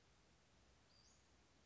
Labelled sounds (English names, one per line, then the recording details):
Western Flycatcher
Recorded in Sonoma County, California